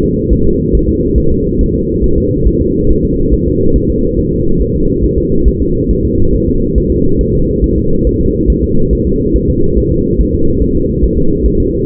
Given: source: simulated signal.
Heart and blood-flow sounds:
fetal heart sounds
0.04 s: S2
0.33 s: S1
0.47 s: S2
0.75 s: S1
0.89 s: S2
1.18 s: S1
1.32 s: S2
1.61 s: S1
1.75 s: S2
2.04 s: S1
2.18 s: S2
2.48 s: S1
2.61 s: S2
2.91 s: S1
3.05 s: S2
3.34 s: S1
3.48 s: S2
3.76 s: S1
3.90 s: S2
4.19 s: S1
4.33 s: S2
4.62 s: S1
4.75 s: S2
5.04 s: S1
5.18 s: S2
5.48 s: S1
5.62 s: S2
5.91 s: S1
6.05 s: S2
6.34 s: S1
6.48 s: S2
6.78 s: S1
6.92 s: S2
7.21 s: S1
7.35 s: S2
7.64 s: S1
7.78 s: S2
8.07 s: S1
8.21 s: S2
8.50 s: S1
8.64 s: S2
8.93 s: S1
9.07 s: S2
9.36 s: S1
9.50 s: S2
9.78 s: S1
9.92 s: S2
10.20 s: S1
10.34 s: S2
10.62 s: S1
10.76 s: S2
11.04 s: S1
11.18 s: S2
11.46 s: S1
11.60 s: S2
From the record:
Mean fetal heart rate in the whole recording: 140 bpm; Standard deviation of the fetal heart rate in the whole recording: 2 bpm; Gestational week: 34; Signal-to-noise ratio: -16.4 dB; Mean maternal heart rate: 72 bpm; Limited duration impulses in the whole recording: present

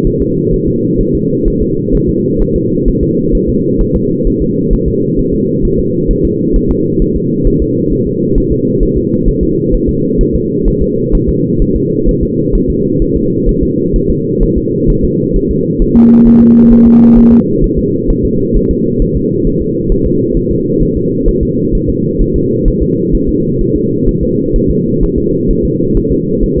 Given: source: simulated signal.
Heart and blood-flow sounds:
fetal heart sounds
0.07 s: S1
0.22 s: S2
0.54 s: S1
0.68 s: S2
1.01 s: S1
1.15 s: S2
1.48 s: S1
1.62 s: S2
1.95 s: S1
2.09 s: S2
2.42 s: S1
2.56 s: S2
2.88 s: S1
3.03 s: S2
3.35 s: S1
3.49 s: S2
3.81 s: S1
3.96 s: S2
4.27 s: S1
4.42 s: S2
4.73 s: S1
4.88 s: S2
5.19 s: S1
5.34 s: S2
5.65 s: S1
5.80 s: S2
6.11 s: S1
6.25 s: S2
6.56 s: S1
6.71 s: S2
7.02 s: S1
7.16 s: S2
7.47 s: S1
7.62 s: S2
7.93 s: S1
8.07 s: S2
8.38 s: S1
8.52 s: S2
8.83 s: S1
8.97 s: S2
9.28 s: S1
9.43 s: S2
9.75 s: S1
9.89 s: S2
10.21 s: S1
10.36 s: S2
10.68 s: S1
10.82 s: S2
11.15 s: S1
11.29 s: S2
11.62 s: S1
11.76 s: S2
12.09 s: S1
12.23 s: S2
12.55 s: S1
12.70 s: S2
13.02 s: S1
13.17 s: S2
13.49 s: S1
13.63 s: S2
13.96 s: S1
14.11 s: S2
14.43 s: S1
14.58 s: S2
14.90 s: S1
15.05 s: S2
15.36 s: S1
15.51 s: S2
15.82 s: S1
15.96 s: S2
16.27 s: S1
16.42 s: S2
16.72 s: S1
16.87 s: S2
17.18 s: S1
17.32 s: S2
17.64 s: S1
17.78 s: S2
18.10 s: S1
18.25 s: S2
18.56 s: S1
18.71 s: S2
19.02 s: S1
19.17 s: S2
19.47 s: S1
19.62 s: S2
19.92 s: S1
20.06 s: S2
20.37 s: S1
20.52 s: S2
20.83 s: S1
20.97 s: S2
21.29 s: S1
21.43 s: S2
21.75 s: S1
21.90 s: S2
22.22 s: S1
22.36 s: S2
22.68 s: S1
22.83 s: S2
23.15 s: S1
23.29 s: S2
23.61 s: S1
23.76 s: S2
24.09 s: S1
24.23 s: S2
24.56 s: S1
24.71 s: S2
25.03 s: S1
25.18 s: S2
25.51 s: S1
25.65 s: S2
25.97 s: S1
26.12 s: S2
26.43 s: S1
26.58 s: S2
From the record:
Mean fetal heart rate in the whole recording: 130 bpm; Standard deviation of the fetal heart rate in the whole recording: 4 bpm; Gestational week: 38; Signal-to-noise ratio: -11.2 dB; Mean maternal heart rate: 72 bpm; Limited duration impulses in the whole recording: present

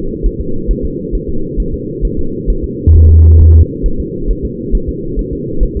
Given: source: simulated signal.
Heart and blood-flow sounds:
fetal heart sounds
0.26 s: S1
0.41 s: S2
0.71 s: S1
0.85 s: S2
1.15 s: S1
1.29 s: S2
1.60 s: S1
1.74 s: S2
2.05 s: S1
2.19 s: S2
2.50 s: S1
2.64 s: S2
2.96 s: S1
3.10 s: S2
3.41 s: S1
3.55 s: S2
3.86 s: S1
4.00 s: S2
4.31 s: S1
4.45 s: S2
4.75 s: S1
4.89 s: S2
5.19 s: S1
5.33 s: S2
5.63 s: S1
5.77 s: S2
From the record:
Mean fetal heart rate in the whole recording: 135 bpm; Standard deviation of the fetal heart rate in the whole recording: 3 bpm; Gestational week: 36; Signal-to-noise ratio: -8.1 dB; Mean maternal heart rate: 72 bpm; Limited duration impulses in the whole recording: present

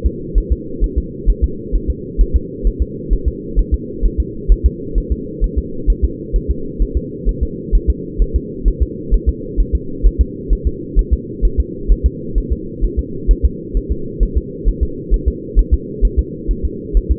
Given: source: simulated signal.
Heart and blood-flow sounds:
fetal heart sounds
0.06 s: S2
0.38 s: S1
0.52 s: S2
0.84 s: S1
0.98 s: S2
1.30 s: S1
1.44 s: S2
1.75 s: S1
1.90 s: S2
2.21 s: S1
2.36 s: S2
2.67 s: S1
2.82 s: S2
3.13 s: S1
3.28 s: S2
3.59 s: S1
3.74 s: S2
4.06 s: S1
4.20 s: S2
4.52 s: S1
4.66 s: S2
4.98 s: S1
5.12 s: S2
5.44 s: S1
5.58 s: S2
5.90 s: S1
6.04 s: S2
6.36 s: S1
6.50 s: S2
6.82 s: S1
6.97 s: S2
7.29 s: S1
7.43 s: S2
7.75 s: S1
7.90 s: S2
8.22 s: S1
8.36 s: S2
8.68 s: S1
8.83 s: S2
9.14 s: S1
9.29 s: S2
9.60 s: S1
9.75 s: S2
10.06 s: S1
10.21 s: S2
10.53 s: S1
10.67 s: S2
10.99 s: S1
11.13 s: S2
11.45 s: S1
11.60 s: S2
11.91 s: S1
12.06 s: S2
12.38 s: S1
12.52 s: S2
12.84 s: S1
12.99 s: S2
13.31 s: S1
13.45 s: S2
13.77 s: S1
13.92 s: S2
14.23 s: S1
14.37 s: S2
14.68 s: S1
14.83 s: S2
15.14 s: S1
15.28 s: S2
15.59 s: S1
15.74 s: S2
16.05 s: S1
16.19 s: S2
16.51 s: S1
16.65 s: S2
16.97 s: S1
17.12 s: S2
From the record:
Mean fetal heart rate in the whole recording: 130 bpm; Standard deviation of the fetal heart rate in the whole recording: 2 bpm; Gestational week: 36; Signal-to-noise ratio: -4.3 dB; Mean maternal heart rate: 72 bpm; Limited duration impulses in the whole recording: absent

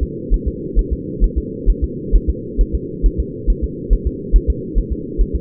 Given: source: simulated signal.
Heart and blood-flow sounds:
fetal heart sounds
0.03 s: S2
0.34 s: S1
0.48 s: S2
0.79 s: S1
0.93 s: S2
1.24 s: S1
1.38 s: S2
1.70 s: S1
1.84 s: S2
2.16 s: S1
2.30 s: S2
2.61 s: S1
2.75 s: S2
3.06 s: S1
3.20 s: S2
3.50 s: S1
3.64 s: S2
3.93 s: S1
4.07 s: S2
4.36 s: S1
4.50 s: S2
4.78 s: S1
4.93 s: S2
5.21 s: S1
5.35 s: S2
From the record:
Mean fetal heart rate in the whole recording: 135 bpm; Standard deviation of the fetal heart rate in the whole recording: 3 bpm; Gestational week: 36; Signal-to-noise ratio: -4.1 dB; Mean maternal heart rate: no maternal heart sound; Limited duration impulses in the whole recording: absent

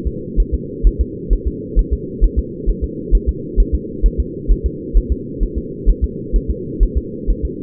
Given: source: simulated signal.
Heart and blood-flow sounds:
fetal heart sounds
0.07 s: S2
0.40 s: S1
0.54 s: S2
0.87 s: S1
1.01 s: S2
1.33 s: S1
1.48 s: S2
1.79 s: S1
1.93 s: S2
2.24 s: S1
2.39 s: S2
2.70 s: S1
2.84 s: S2
3.15 s: S1
3.29 s: S2
3.60 s: S1
3.74 s: S2
4.06 s: S1
4.20 s: S2
4.52 s: S1
4.66 s: S2
4.97 s: S1
5.12 s: S2
5.43 s: S1
5.58 s: S2
5.89 s: S1
6.04 s: S2
6.36 s: S1
6.50 s: S2
6.83 s: S1
6.97 s: S2
7.30 s: S1
7.45 s: S2
From the record:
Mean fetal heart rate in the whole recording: 130 bpm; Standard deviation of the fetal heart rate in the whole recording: 2 bpm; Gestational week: 36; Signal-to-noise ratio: -4.1 dB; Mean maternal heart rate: no maternal heart sound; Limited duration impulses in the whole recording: absent

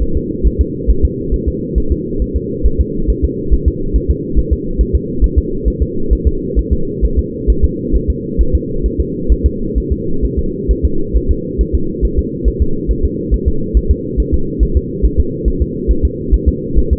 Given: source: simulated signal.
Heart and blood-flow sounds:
fetal heart sounds
0.02 s: S1
0.17 s: S2
0.47 s: S1
0.61 s: S2
0.90 s: S1
1.05 s: S2
1.34 s: S1
1.48 s: S2
1.78 s: S1
1.92 s: S2
2.22 s: S1
2.36 s: S2
2.66 s: S1
2.81 s: S2
3.10 s: S1
3.24 s: S2
3.54 s: S1
3.68 s: S2
3.96 s: S1
4.11 s: S2
4.39 s: S1
4.53 s: S2
4.81 s: S1
4.95 s: S2
5.24 s: S1
5.38 s: S2
5.68 s: S1
5.82 s: S2
6.13 s: S1
6.27 s: S2
6.59 s: S1
6.73 s: S2
7.05 s: S1
7.19 s: S2
7.50 s: S1
7.65 s: S2
7.96 s: S1
8.10 s: S2
8.41 s: S1
8.55 s: S2
8.86 s: S1
9.00 s: S2
9.32 s: S1
9.46 s: S2
9.78 s: S1
9.92 s: S2
10.25 s: S1
10.39 s: S2
10.71 s: S1
10.85 s: S2
11.17 s: S1
11.31 s: S2
11.61 s: S1
11.75 s: S2
12.05 s: S1
12.19 s: S2
12.48 s: S1
12.62 s: S2
12.91 s: S1
13.05 s: S2
13.34 s: S1
13.48 s: S2
13.77 s: S1
13.91 s: S2
14.20 s: S1
14.34 s: S2
14.63 s: S1
14.77 s: S2
15.05 s: S1
15.20 s: S2
15.48 s: S1
15.62 s: S2
15.91 s: S1
16.05 s: S2
16.34 s: S1
16.49 s: S2
16.79 s: S1
16.93 s: S2
From the record:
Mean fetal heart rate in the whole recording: 135 bpm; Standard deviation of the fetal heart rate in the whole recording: 3 bpm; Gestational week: 34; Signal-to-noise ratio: -8.1 dB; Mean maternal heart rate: 72 bpm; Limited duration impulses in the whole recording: absent

